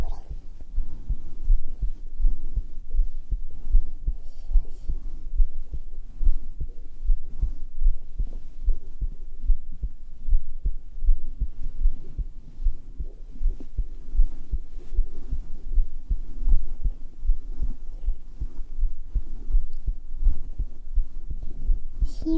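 Normal heartbeat of an adult woman, about 79 beats per minute, picked up directly on bare skin close to the heart with a black 3Dio binaural microphone; steady low, muffled thumps.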